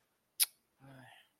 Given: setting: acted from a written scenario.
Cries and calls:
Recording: vocal sound without words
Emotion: guilt

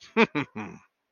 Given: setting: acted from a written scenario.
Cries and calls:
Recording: vocal sound without words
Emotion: pride

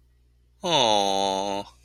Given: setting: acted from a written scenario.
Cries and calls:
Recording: vocal sound without words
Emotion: adoration

